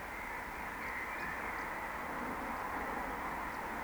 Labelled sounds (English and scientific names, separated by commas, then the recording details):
Eurasian Woodcock (Scolopax rusticola)
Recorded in Baden-Württemberg, Germany, on 17 June 2020 at 19:29 UTC
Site 14569, 102 m above sea level